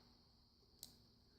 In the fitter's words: what it's actually doing, and I just heard it pop there.